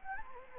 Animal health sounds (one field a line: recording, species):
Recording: mosquito wingbeat signal from an infrared sensor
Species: Anopheles gambiae